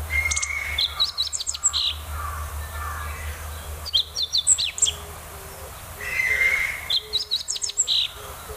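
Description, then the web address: Meadow bunting song: three quick phrases of varied high, twittering notes about every three seconds, over a low droning hum. "sikioto. hoogiro"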